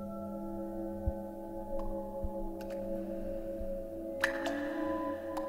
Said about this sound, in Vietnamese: Cái tiếng nước chảy y như là vòi nước bị rỉ.